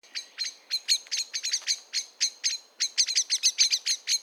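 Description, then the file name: Common blackbird giving a fast run of sharp metallic chinks, roughly three or four per second, with a brief pause midway. "Turdus merula"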